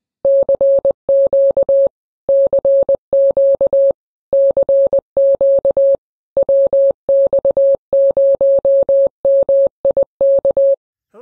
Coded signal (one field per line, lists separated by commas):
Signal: Morse code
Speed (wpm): 20 wpm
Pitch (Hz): 550 Hz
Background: none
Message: CQ CQ CQ WX0MIK